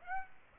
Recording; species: mosquito wingbeat signal from an infrared sensor; Aedes aegypti